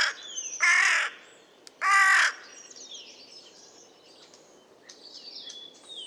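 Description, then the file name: Carrion crow uttering two loud, grating caws in quick succession, then quieter high twittering of other birds for the remaining seconds. "Corvus corone"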